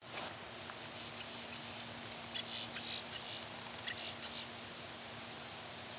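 American redstart calls: very high, thin chip notes repeated about every half second, ten in all, over a quiet steady background hum.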